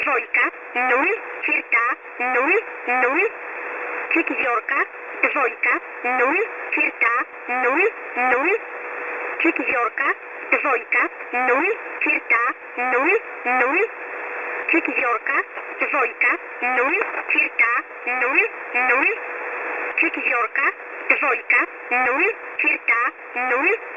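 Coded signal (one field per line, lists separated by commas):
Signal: numbers station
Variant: S11a (Cherta), Russian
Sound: narrowband radio voice reading short, evenly spaced numbers with many zeros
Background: radio static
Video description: This is a regularly scheduled S11a transmission. This particular transmission is a "null" message, no traffic to send. This station carries the ENGIMA ID S11a, but is also known by thew nick name "Cherta".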